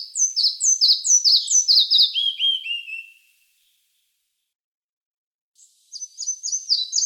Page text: Малая мухоловка